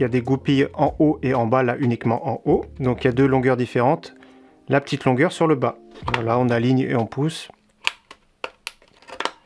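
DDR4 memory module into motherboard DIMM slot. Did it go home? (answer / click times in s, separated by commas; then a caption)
yes / 8.4 s, 8.7 s. A DDR4 memory module is lined up by its notch and pushed down into a motherboard DIMM slot until the retention clip closes. Someone talks over quiet background music for most of the clip, then a few short sharp sounds follow, with clear clicks at 8.4 and 8.7 seconds. The RAM stick is seated in the slot.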